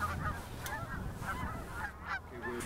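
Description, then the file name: Snow goose flock calling, a chorus of overlapping honks and yelps throughout. In January. "201701 January Snow Geese"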